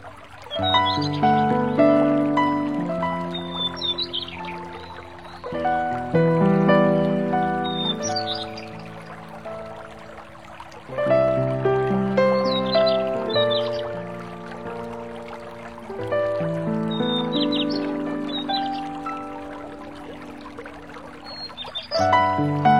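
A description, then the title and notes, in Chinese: Gentle piano plays slow, ringing phrases that swell and fade, restarting roughly every five seconds. Crisp, bright bird chirps flick in above it every few seconds, clear. A soft, steady hush sits faintly underneath. 花瓣飞舞の时，清脆鸟鸣声声入耳。清脆 悦耳的鸟鸣声伴随着轻柔的钢琴声。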